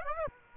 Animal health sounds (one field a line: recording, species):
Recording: mosquito wingbeat signal from an infrared sensor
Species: Aedes aegypti